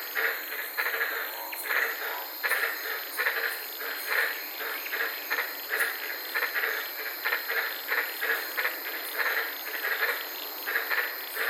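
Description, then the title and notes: White-lipped tree frogs chorus with uneven runs of sharp, knocking calls, set against continuous high insect buzzing. Several frogs recorded at night from inside a car in the Daintree rainforest, Queensland, Australia. "White Lipped Frog Podcast. I was sitting in my car in the Daintree rainforest in Queensland this night and fell asleep listening to these amazing White lipped frogs"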